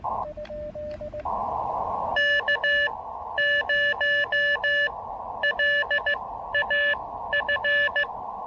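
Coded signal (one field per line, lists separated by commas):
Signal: Morse code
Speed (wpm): 16 wpm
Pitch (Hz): 1750 Hz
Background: none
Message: K0LAF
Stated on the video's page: Morse during a SOTA summit activation in gusty wind.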